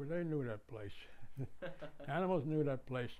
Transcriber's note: chuckles